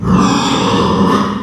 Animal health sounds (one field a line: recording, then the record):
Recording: squeal of a Yucatan mini pig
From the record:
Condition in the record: after surgery on the right vocal fold (resection and tissue-engineered implant)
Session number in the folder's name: 16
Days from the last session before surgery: 183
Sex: female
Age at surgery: 19 weeks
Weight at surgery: 25 kg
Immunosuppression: prednisolone